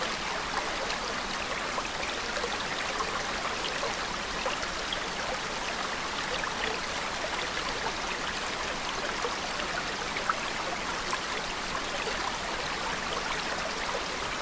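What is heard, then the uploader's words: A cascading waterfall pours steadily into a pool, a dense, unbroken rush of falling water that stays even for the whole stretch. The sound sits mostly in the middle and upper range, bright and hissing, with little low rumble and no distinct separate events. You push aside a banana leaf to find a cascading waterfall streaming down into a green pool.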